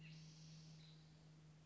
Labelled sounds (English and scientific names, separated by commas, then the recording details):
Spotted Towhee (Pipilo maculatus)
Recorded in Sonoma County, California